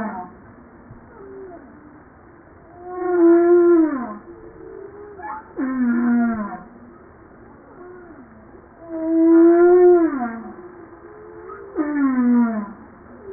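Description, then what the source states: Humpback whale song: loud drawn-out moans bending downward alternating with steeply falling harmonic wails, the paired phrase repeating about every six seconds. Recorded 5 March 1994.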